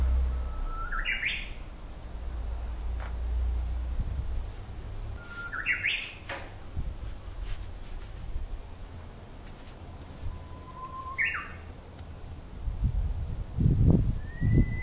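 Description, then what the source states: Japanese bush warbler song: three phrases, each a long steady whistle leaping into a sharp, rising flourish, spaced about five seconds apart over a low rumbling background. Spring, 30 March 2007.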